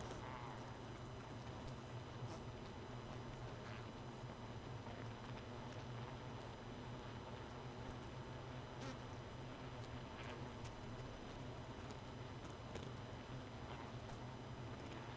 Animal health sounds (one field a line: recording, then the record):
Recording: honeybee colony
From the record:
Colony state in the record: missing queen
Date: 31 May 2018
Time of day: 1:11